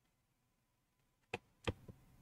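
A battery flex connector is removed and pressed back onto its socket on the logic board of a water-damaged iPhone X during a screen replacement. After a quiet stretch, a sharp click at 1.3 seconds shows the connector seated on the retry. A second sharp transient follows at about 1.7 seconds.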